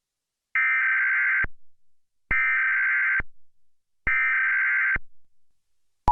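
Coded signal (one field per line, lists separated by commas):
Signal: Emergency Alert System (SAME) tones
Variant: header bursts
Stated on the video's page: Fictional, simulated alert tones for a made-up attack scenario on Seattle, not a real alert.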